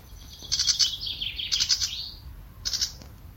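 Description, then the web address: Bird giving rapid high pi-pi-pi-pi notes in quick pulsed runs, three bursts within a few seconds, one trailing into a slurred falling note. "cianscape birddata Deverinetal"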